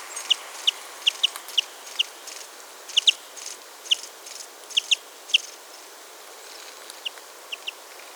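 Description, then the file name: European greenfinch calls: short, sharp chip notes, some in quick pairs, scattered irregularly over a steady hiss. "Chloris chloris"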